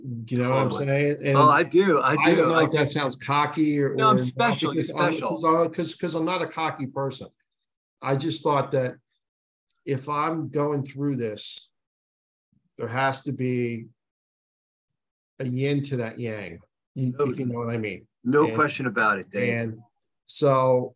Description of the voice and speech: A person who stutters.